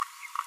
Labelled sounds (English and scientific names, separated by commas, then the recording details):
Green-rumped Parrotlet (Forpus passerinus) babbling
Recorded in a nest box in Venezuela
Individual 18B25A3